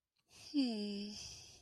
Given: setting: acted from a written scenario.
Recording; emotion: vocal sound without words; sympathy